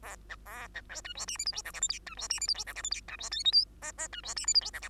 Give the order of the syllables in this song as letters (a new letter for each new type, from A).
A B A B C D E F G H I J K L M D E F G H I J K L M D E N O P Q Q D E F G H I J K